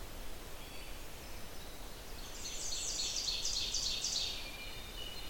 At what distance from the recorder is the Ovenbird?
about 55 m